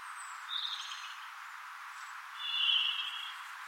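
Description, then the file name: European robin giving high, thin sliding notes, then a brighter phrase after a short pause, with steady hiss behind. "Erithacus rubecula"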